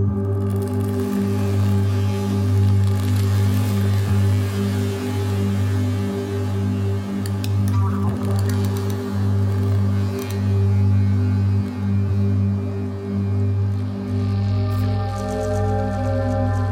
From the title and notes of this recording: This podcast provides a journey through an ocean soundscape of the future, with all sounds created from plastic objects found on a beach.